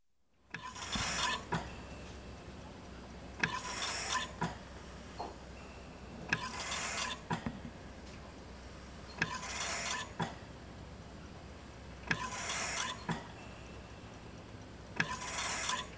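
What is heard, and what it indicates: Hissing air bursts repeat at a steady pace of about 21 cycles a minute. Each burst is marked by sharp valve clicks, over a low constant hum. This is a hospital mechanical ventilator delivering regular machine breaths.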